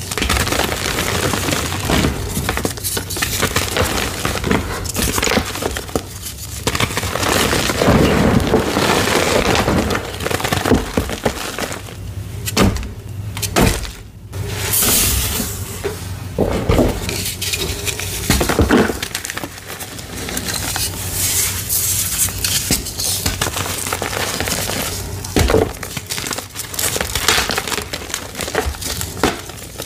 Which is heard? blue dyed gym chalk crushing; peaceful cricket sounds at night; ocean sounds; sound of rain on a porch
blue dyed gym chalk crushing